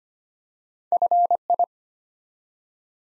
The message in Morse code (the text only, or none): FI